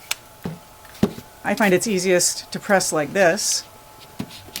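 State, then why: Seated. While the carrier button is held down, the trigger-guard assembly of a Benelli Super Black Eagle 3 shotgun is pressed up into the receiver as someone talks. A few faint knocks come before a sharp snap at 4.6 s, when the assembly seats. This snap matters because without it the retaining pin will not go in.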